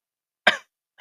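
A single abrupt cough from an adult, lasting about a fifth of a second, with a sharp explosive onset and a quickly fading tail, then quiet until another sound begins at the very end. No wheeze or stridor follows.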